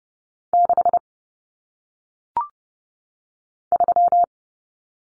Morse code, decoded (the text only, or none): 6 3